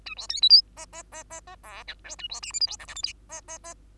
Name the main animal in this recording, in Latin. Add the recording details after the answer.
Lonchura striata domestica. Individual Bird2